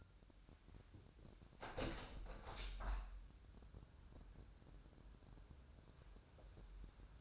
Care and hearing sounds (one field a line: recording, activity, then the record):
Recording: daily activity, microphone in the room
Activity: open window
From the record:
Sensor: 2